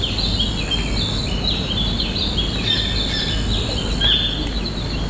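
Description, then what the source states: Birds chirping: many short, high notes slurring downward, repeated irregularly throughout over a strong background hiss and a steady high-pitched tone. Tropical rainforest at Cape Kimberley, Daintree Rainforest, Australia.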